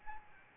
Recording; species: mosquito wingbeat signal from an infrared sensor; Aedes albopictus